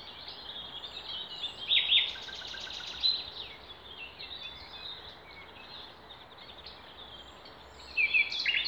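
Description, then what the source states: Songbirds in a mixed chorus: scattered high chirps, a short rapid trill early on, and louder sharp notes at the very end. Songbirds singing in Demerje forest, 28 April 2020.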